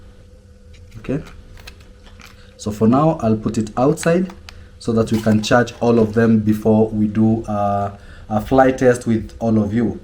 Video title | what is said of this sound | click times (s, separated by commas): Unboxing My Drone : DJI MAVIC MINI FLY MORE COMBO | put it in until you hear a click. Okay. | 1.7 s